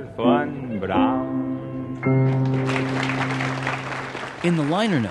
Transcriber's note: soundbite of applause